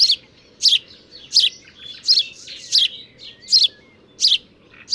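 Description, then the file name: House sparrow chirping, a repeated harsh chirp about every two-thirds of a second, loud and steady, with fainter notes between them. "Passer domesticus"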